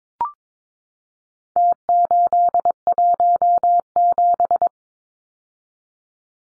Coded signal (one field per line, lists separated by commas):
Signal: Morse code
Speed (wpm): 22 wpm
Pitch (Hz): 700 Hz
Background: none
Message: T817